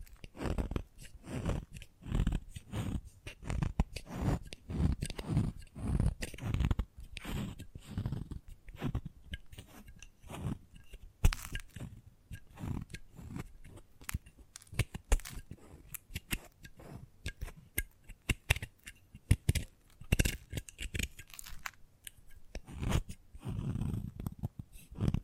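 Chalk being tapped, scratched and carved in a dense run of sharp crunchy clicks and scrapes, busiest early, thinning midway, with a heavier burst near the end.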